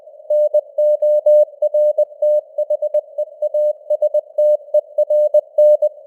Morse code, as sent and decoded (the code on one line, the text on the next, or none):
-. --- .-. - .... . .- ... - . .-. -.
NORTHEASTERN